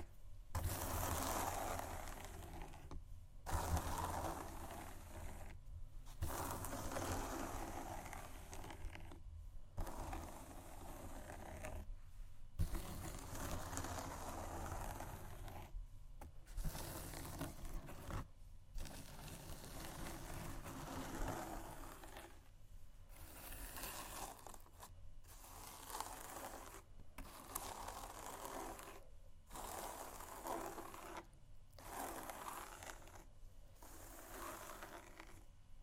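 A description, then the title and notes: Shoes scratch and scrape almost continuously in a dense, gritty rasp, broken by brief silent gaps every two to three seconds. Loudness stays fairly even throughout, and a low steady hum runs underneath the whole time. ASMR Shoes Scratching & Tapping（No Talking）.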